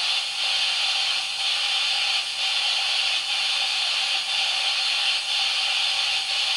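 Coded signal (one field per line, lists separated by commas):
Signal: radio time signal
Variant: DCF77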